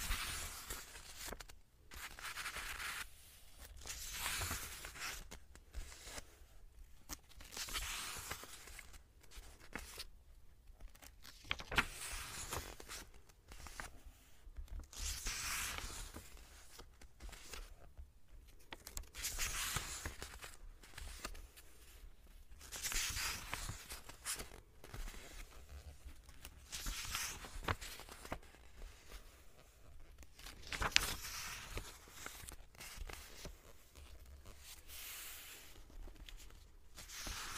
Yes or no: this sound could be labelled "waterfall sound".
no